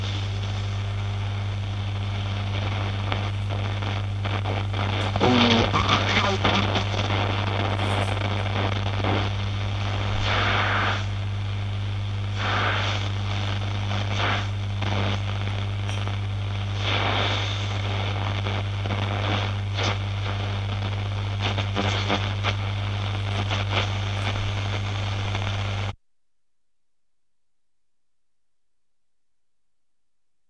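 An old radio hums and crackles, a strong low steady drone running underneath a dense bed of static. Bursts of brighter crackle and hiss flare every few seconds, louder around five seconds in, and the sound cuts off abruptly at about twenty-six seconds, leaving silence.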